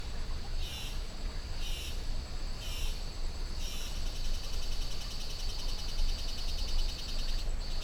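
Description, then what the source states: Insect chatter swelling in four regular high bursts, then merging into a dense continuous pulsing buzz, over the low steady rush of a river. Insect chatter swelling in Costa Rica jungle rainforest beside a river at 06:32 AM; recorded with a Holophone.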